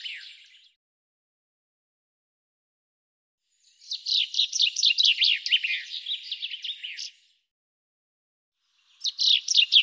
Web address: cianscape birddata Deverinetal 2025 Bird Fr Co